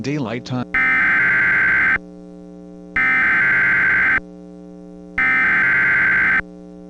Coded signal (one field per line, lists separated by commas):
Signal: Emergency Alert System (SAME) tones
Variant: header bursts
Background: speech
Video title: The Carolina Supercell (REMASTERED): EAS Scenario